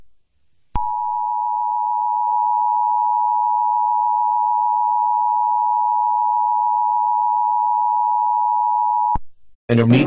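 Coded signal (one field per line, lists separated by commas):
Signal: Emergency Alert System (SAME) tones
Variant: 853 and 960 Hz attention tone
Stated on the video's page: Mini EAS scenario, a simulated alert.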